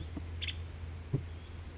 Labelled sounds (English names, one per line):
Nuttall's Woodpecker